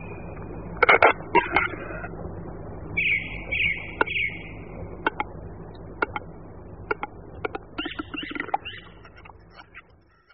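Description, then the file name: Western capercaillie song, louder clicks at the start, a brief scraping phrase, then scattered clicks and a short burst of grinding notes near the end. "Tetřev-hlušec"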